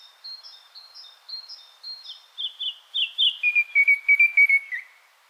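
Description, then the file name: Common nightingale song: slow paired whistles stepping downward, then speeding into loud, rapid repeated notes before a final slur. "Luscinia megarhynchos"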